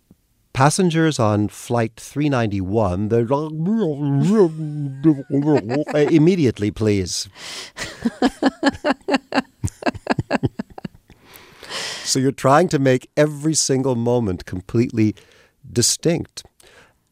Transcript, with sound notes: passengers on Flight 391, the (unintelligible)..
(Laughter).
...Immediately, please.
(LAUGHTER)
So you're trying to make every single moment completely distinct.